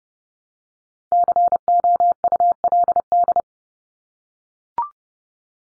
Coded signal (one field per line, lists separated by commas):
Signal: Morse code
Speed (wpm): 30 wpm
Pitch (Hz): 700 Hz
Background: none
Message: COULD